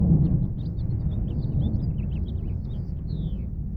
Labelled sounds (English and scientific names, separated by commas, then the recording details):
House Finch (Haemorhous mexicanus) song
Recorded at Breezy Point on Long Island, New York, on 4 June 1975
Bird B